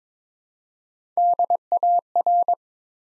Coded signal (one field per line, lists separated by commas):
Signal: Morse code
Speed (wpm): 23 wpm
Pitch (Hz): 700 Hz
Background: none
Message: DAR